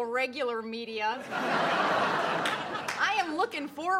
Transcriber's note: soundbite of laughter